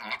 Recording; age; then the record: pig call; piglet (1 to 25 days)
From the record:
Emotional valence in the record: negative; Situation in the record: long isolation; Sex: female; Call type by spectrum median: low-frequency call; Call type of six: mixed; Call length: 0.20 s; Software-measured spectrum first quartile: 1004 Hz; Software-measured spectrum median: 1946 Hz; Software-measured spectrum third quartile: 2488 Hz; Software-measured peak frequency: 2116 Hz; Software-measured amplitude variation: 153 dB a second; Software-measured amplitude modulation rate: 12.3 a second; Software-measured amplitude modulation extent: 12.4 dB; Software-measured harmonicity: -0.1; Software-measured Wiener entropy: -0.93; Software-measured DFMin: 591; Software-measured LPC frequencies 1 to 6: 953, 2175, 3615, 4390, 4928, 6205 Hz